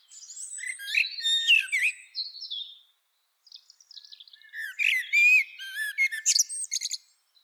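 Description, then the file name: Common blackbird singing varied, warbled twittering phrases of slurred, squeaky notes, with a pause midway before a louder, denser burst. "Turdus merula"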